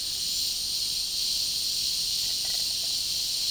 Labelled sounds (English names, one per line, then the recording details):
none
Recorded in dense forest near Puerto Asís, Putumayo, Colombia, on 21 February 2024 at 10:00
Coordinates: 0.485, -76.318
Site G6408